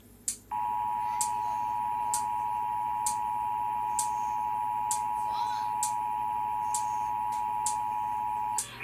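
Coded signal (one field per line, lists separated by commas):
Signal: Emergency Alert System (SAME) tones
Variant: 853 and 960 Hz attention tone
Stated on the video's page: Real alert tones heard during a TV broadcast.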